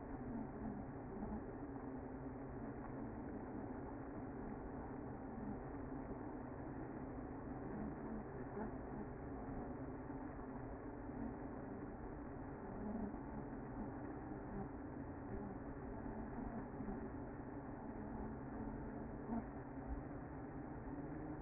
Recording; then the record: honeybee colony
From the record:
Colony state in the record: active